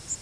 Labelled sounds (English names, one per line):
Yellow Warbler flight call